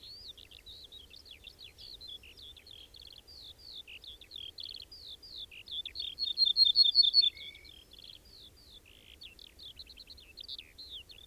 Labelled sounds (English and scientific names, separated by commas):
Ortolan Bunting (Emberiza hortulana) song